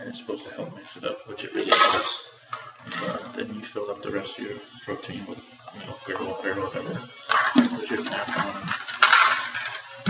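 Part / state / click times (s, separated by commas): plastic lid onto protein shaker bottle / seated / 9.0 s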